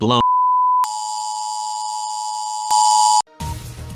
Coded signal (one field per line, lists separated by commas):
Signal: Emergency Alert System (SAME) tones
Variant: 853 and 960 Hz attention tone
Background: speech, music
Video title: UK EAS - Russia-UK Nuclear Tensions